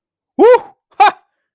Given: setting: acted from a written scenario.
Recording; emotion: vocal sound without words; positive surprise